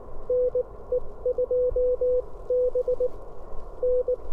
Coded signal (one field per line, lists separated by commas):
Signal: Morse code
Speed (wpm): 18 wpm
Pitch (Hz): 500 Hz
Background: none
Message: NE2B N